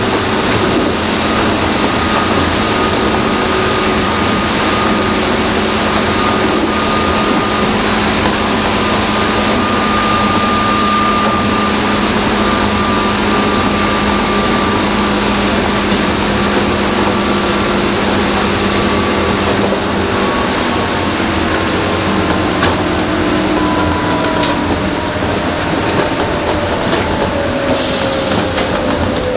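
A 201 series Chuo Line rapid train runs between Tokyo and Takao, heard as a dense, steady rumble from start to end. A faint whining tone slides gradually through the middle, with rhythmic clatter underneath and a brief hiss near the close.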